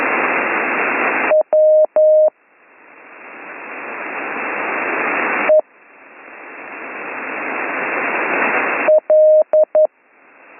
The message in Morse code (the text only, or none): W E L